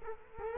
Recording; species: mosquito wingbeat signal from an infrared sensor; Culex quinquefasciatus